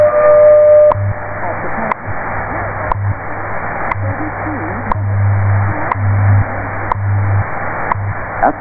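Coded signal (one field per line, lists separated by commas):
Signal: radio time signal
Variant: WWV/WWVH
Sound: steady tone ends, then a sharp tick every second with low humming pulses underneath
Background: shortwave radio static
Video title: Very clear recording of WWVH/WWV time signal at 10000 kHz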